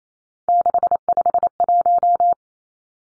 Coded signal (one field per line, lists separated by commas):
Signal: Morse code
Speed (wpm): 28 wpm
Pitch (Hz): 700 Hz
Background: none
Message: 651